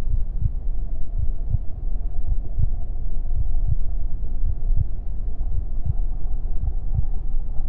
Heartbeat Sound | A Mother's Womb. The gentle thumping of my mother's heartbeat serves as the main focus, a steady rhythm that reverberates through the fluid-filled space.